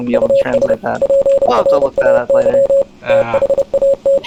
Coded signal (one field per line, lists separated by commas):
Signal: Morse code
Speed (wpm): 30 wpm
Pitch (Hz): 550 Hz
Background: speech, radio noise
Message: US PRAY THAT